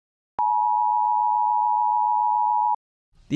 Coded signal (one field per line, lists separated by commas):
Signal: Emergency Alert System (SAME) tones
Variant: 853 and 960 Hz attention tone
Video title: every EAS alert type